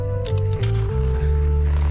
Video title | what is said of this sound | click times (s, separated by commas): Room വാടക കൊടുത്ത് മടുത്തോ? ദാ ഒരു കിടിലൻ tent! 🏕️ Ultimate Camping Tent Unboxing | ഇതിപ്പോൾ രണ്ടാമത്തെ ലോക്ക് ചെയ്തു. | 0.3 s, 0.4 s